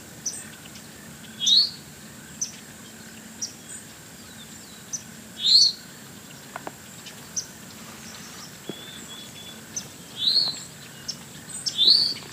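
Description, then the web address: Spotted towhee call notes, brief upslurred mewing sounds repeated at irregular intervals, with soft clicks and a constant high hiss behind. "lbrc spto dobbsa"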